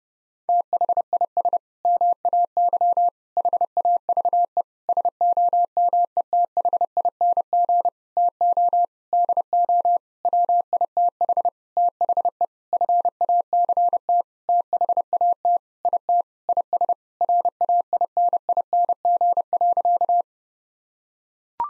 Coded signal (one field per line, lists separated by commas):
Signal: Morse code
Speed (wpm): 30 wpm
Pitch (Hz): 700 Hz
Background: none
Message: THIS MAY HAVE SOMETHING TO DO WITH THE FACT THAT IT IS RAINING.